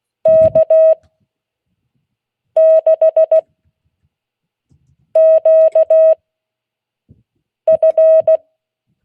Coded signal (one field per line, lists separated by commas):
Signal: Morse code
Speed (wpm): 16 wpm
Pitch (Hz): 640 Hz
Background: none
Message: K6QF